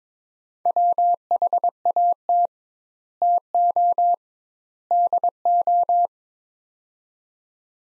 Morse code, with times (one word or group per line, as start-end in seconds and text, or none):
0.7-2.5 WHAT
3.2-4.1 TO
4.9-6.1 DO